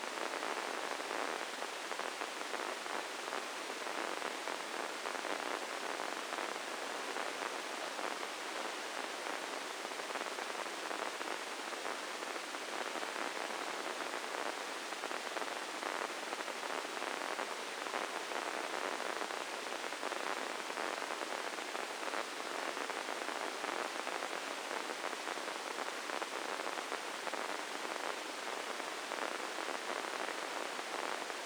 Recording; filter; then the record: brain microelectrode recording played as sound; spike band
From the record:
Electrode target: subthalamic nucleus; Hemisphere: left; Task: reaching with the right hand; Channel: 1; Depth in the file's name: 4.826 mm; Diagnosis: Parkinson's disease